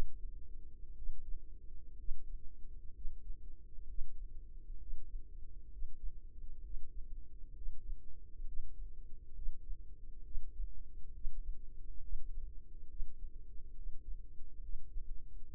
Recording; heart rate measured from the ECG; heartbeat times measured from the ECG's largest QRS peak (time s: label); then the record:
heart sounds by microphone in the right ear; 66 bpm
0.92 s: heartbeat
1.94 s: heartbeat
2.90 s: heartbeat
3.84 s: heartbeat
4.76 s: heartbeat
5.67 s: heartbeat
6.60 s: heartbeat
7.52 s: heartbeat
8.43 s: heartbeat
9.32 s: heartbeat
10.21 s: heartbeat
11.11 s: heartbeat
11.99 s: heartbeat
12.86 s: heartbeat
13.73 s: heartbeat
14.59 s: heartbeat
15.44 s: heartbeat
From the record:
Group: healthy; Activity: Valsalva maneuver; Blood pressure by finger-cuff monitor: 87/64 mmHg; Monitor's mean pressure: 71 mmHg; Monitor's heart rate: 65 bpm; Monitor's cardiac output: 3.9 L/min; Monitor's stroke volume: 65 mL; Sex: female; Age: 36 years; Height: 163 cm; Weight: 88 kg